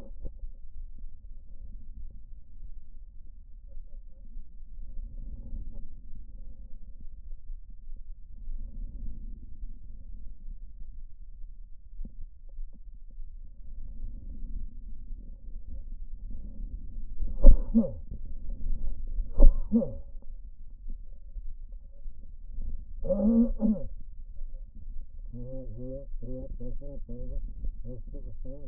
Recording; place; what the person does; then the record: lung sounds by stethoscope; left posterior basal chest; quiet breathing, then cough and speech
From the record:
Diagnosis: pulmonary infection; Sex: male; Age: 54 years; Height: 187 cm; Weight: 95 kg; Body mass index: 27.2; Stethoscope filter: diaphragm mode